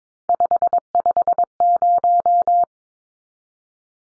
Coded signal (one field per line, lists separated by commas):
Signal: Morse code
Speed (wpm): 22 wpm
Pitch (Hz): 700 Hz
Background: none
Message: 550